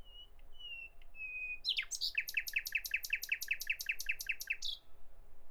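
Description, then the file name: Common nightingale song: soft drawn-out piping whistles lead into a fast, even series of loud repeated notes. "Nachtigall"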